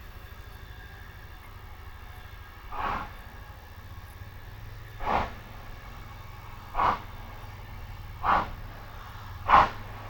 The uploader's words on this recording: Steam train stops at country station. It's a perfect Shropshire August day. It announced its imminent arrival with a blast on the whistle. We took this sound photograph of a steam train passing through Arley station last month. Balmy country sounds.